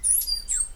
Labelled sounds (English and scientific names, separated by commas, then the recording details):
Stitchbird (Notiomystis cincta) song
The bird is a male
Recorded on Tiritiri Matangi Island, New Zealand, in 2005
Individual 8, of nest box 10